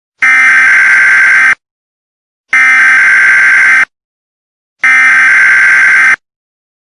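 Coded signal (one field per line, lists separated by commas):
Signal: Emergency Alert System (SAME) tones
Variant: header bursts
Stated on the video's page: Animated fictional EAS scenario.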